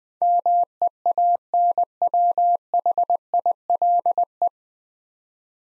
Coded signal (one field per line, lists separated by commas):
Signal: Morse code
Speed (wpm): 20 wpm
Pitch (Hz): 700 Hz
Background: none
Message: MEANWHILE